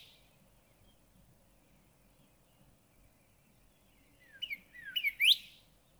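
Northern cardinal song: after several seconds of soft hiss, one burst of slurred whistles, dropping and then rising sharply, near the end.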